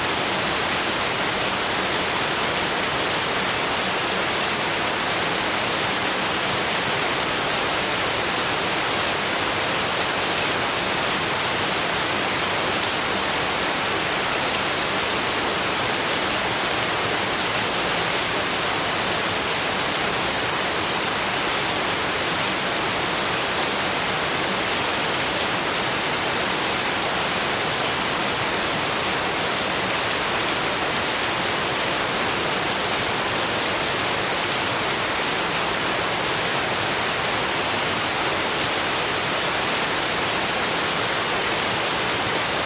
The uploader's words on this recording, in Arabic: زخة مطر نقية. المسجلة في قلب المرتفعات الاسكتلندية. صوت المطر الثابت والإيقاعي.